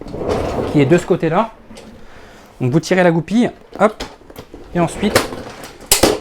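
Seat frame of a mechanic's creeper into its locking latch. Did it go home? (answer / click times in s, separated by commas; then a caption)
yes / 5.9 s. Someone talks while the locking pin is pulled on a mechanic's creeper and it is folded up into seat mode. At 5.9 s the seat frame snaps into its locking latch by itself with a sharp click, followed by a smaller knock at 6.0 s. The seat is latched in place.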